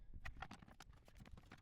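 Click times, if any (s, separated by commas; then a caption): none. A plastic mirror housing trim piece is lined up with the side mirror assembly of a 5th Gen 4Runner so all its clips align, then pushed lightly by hand. A quick series of light plastic taps and knocks is heard, the sharpest at about 0.3 s. Nothing has seated or clicked yet.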